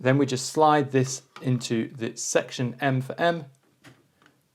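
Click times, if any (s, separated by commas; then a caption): 4.3 s. Someone talks while a magenta ink cartridge is slid into its slot in the printer's print head carriage and pressed down. After the talking stops, faint handling sounds lead to a small, sharp click at about 4.3 s as the cartridge seats in place.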